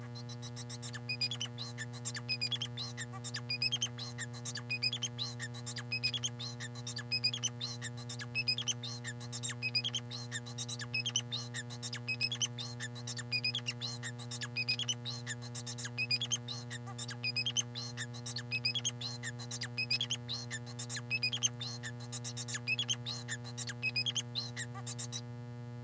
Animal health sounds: song of a male Bengalese finch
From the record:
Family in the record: son of father 4

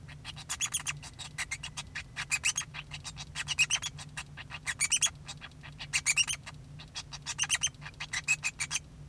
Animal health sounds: song of a male Bengalese finch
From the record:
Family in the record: son of father 2

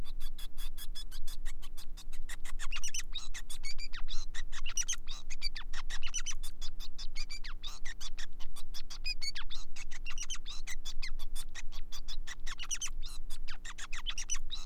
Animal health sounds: song of a male Bengalese finch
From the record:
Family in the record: son of father 5

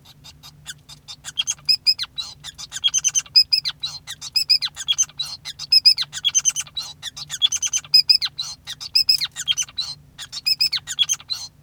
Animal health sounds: song of a male Bengalese finch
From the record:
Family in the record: son of father 5

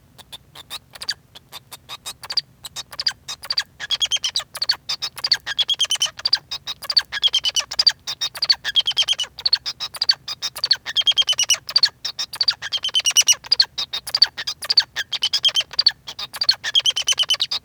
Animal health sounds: song of a male Bengalese finch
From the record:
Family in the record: son of father 2

